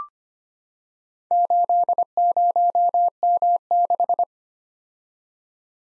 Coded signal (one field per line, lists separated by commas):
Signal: Morse code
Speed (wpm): 25 wpm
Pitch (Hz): 700 Hz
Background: none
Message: 80M6